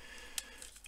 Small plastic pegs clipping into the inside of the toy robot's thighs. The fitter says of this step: on vient d'évoquer les petites les petits ergots donc qui se clipse à l'intérieur des cuisses la